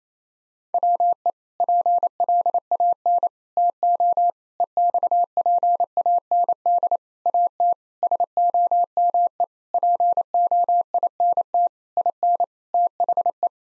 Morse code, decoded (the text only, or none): WE PLAN TO EXPAND AT SOME POINT IN THE